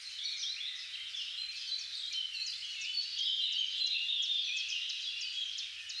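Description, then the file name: Birds chorusing, many quick high chirps and short trills overlapping nonstop. "Singing Birds"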